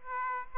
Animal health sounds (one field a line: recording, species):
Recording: mosquito wingbeat signal from an infrared sensor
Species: Aedes aegypti